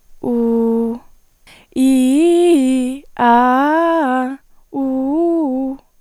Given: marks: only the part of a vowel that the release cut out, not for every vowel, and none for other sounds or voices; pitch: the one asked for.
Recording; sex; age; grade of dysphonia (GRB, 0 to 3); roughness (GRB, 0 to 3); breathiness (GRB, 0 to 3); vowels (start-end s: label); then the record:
sustained vowels; female; 18 to 19 years; 0; 0; 0
0.32-0.89 s: vowel /u/, low pitch
1.87-2.85 s: vowel /i/, low-high-low pitch
3.39-4.24 s: vowel /a/, low-high-low pitch
4.83-5.67 s: vowel /u/, low-high-low pitch
From the record:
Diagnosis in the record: healthy voice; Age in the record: 19 years